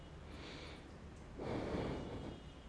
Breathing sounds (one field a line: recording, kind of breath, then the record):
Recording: one breath in and out by a microphone near the nose and mouth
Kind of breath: normal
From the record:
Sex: male